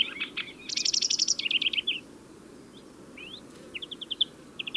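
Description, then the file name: European greenfinch song: fast rattling trills and twitters, a pause, then a rising note and short trilled phrases. "Chloris chloris"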